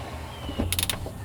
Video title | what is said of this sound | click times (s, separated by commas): Exclusive First Look at the NEW 36ft Center Console Everyone's Talking About | And then click in place. | 0.7 s